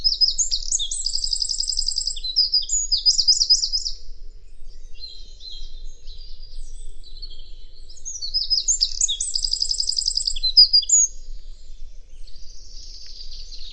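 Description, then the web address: Bird song, high rapid twittering phrases with trills and chirps, two long bursts separated by quieter scattered notes, over a faint low hum. "cianscape birddata Deverinetal 2025"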